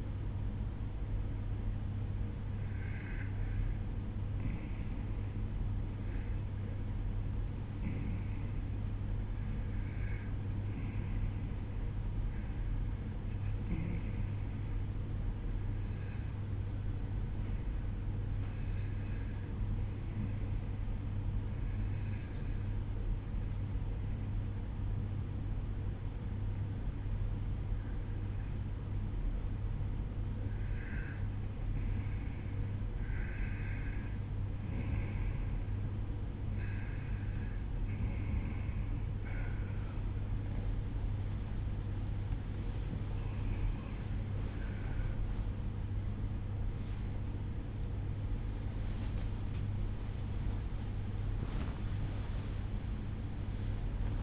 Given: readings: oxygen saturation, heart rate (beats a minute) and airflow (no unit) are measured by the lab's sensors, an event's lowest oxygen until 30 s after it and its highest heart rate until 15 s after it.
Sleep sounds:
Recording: breathing in sleep by a smartphone at the bedside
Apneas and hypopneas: 1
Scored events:
15.00-45.00 s: new sleep stage, N1 (lightest sleep)
16.00-39.30 s: hypopnea (N1, oxygen 92% highest, then 91% lowest, heart rate 64 at the start, 75 highest)
45.00-54.22 s: new sleep stage, awake
52.00-54.22 s: awake
From the record:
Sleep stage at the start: REM sleep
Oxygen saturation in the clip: 91 to 93%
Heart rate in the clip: 61 to 75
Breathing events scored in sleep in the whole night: 305 in 9.6 hours asleep

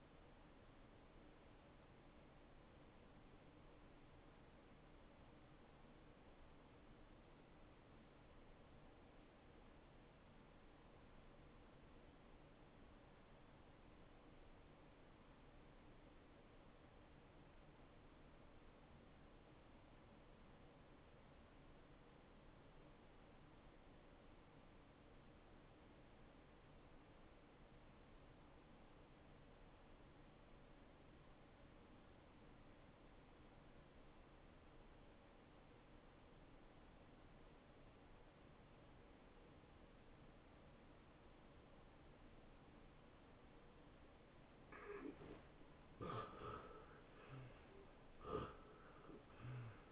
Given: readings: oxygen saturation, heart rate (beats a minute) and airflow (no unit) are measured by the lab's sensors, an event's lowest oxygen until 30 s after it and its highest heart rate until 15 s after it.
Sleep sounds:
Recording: breathing in sleep by a voice recorder at the bedside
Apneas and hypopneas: 1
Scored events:
5.00-44.60 s: obstructive apnea (N1, oxygen 95% highest, then 82% lowest)
From the record:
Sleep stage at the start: N1 (lightest sleep)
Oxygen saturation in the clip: 79 to 95%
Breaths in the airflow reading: 4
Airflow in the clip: -17.6 to 8.8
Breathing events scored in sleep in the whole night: 263 in 5.5 hours asleep

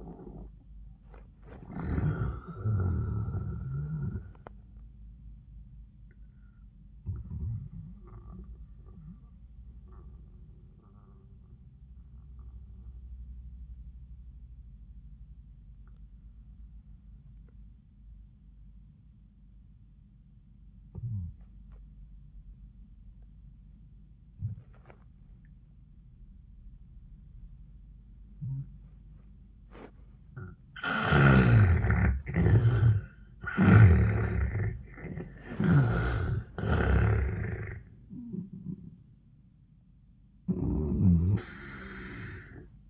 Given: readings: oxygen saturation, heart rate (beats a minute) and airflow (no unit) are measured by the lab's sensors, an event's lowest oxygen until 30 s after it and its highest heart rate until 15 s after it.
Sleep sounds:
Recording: breathing in sleep by a smartphone at the bedside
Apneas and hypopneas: 1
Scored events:
6.00-32.00 s: hypopnea (N1, oxygen 96% highest, then 78% lowest, heart rate 96 at the start, 97 highest)
17.00-42.89 s: new sleep stage, N2 (light sleep)
From the record:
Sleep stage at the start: N1 (lightest sleep)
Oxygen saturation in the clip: 82 to 96%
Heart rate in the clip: 69 to 97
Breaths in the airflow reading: 6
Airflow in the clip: -28.7 to 11.5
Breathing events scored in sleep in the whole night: 400 in 8.7 hours asleep

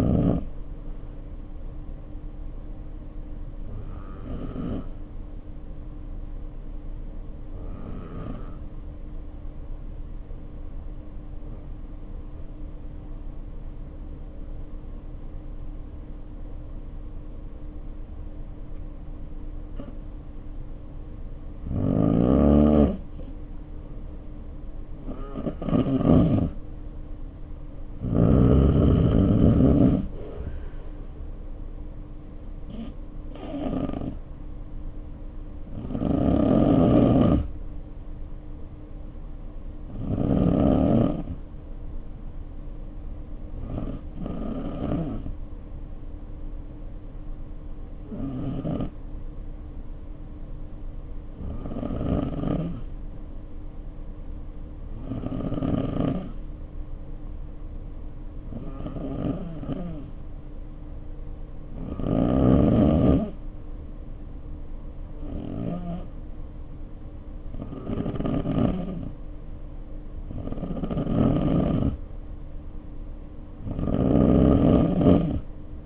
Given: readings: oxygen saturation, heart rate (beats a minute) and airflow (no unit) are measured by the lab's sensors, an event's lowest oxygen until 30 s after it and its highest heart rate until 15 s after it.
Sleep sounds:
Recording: breathing in sleep by a smartphone at the bedside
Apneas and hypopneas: 2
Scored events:
7.00-26.80 s: hypopnea (N2, oxygen 95% highest, then 87% lowest, heart rate 58 at the start, 63 highest)
46.00-63.60 s: hypopnea (N2, oxygen 94% highest, then 89% lowest, heart rate 52 at the start, 61 highest)
From the record:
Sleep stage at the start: N2 (light sleep)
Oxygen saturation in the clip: 87 to 95%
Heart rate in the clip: 50 to 63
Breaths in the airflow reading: 23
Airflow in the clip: -3.1 to 2.7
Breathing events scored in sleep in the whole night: 520 in 7.2 hours asleep

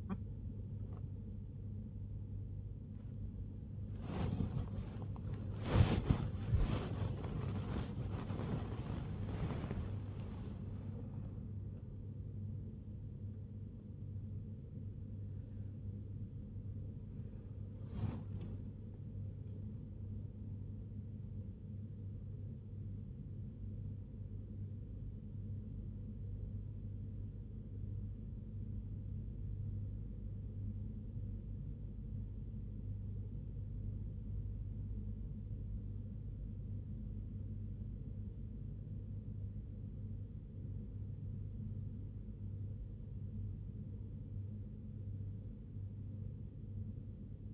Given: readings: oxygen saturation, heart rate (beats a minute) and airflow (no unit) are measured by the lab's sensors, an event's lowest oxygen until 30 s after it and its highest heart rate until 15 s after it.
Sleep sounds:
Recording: a person awake in a sleep study, by a smartphone at the bedside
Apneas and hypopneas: 1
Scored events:
0.00-39.00 s: awake
19.00-39.70 s: hypopnea (scored as awake, oxygen 96% highest, then 92% lowest, heart rate 85 at the start, 85 highest)
31.00-47.54 s: new sleep stage, N2 (light sleep)
From the record:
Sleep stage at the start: awake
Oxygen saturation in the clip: 93 to 96%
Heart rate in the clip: 60 to 87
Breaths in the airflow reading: 12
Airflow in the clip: -2.9 to 3.7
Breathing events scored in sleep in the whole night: 101 in 7.3 hours asleep

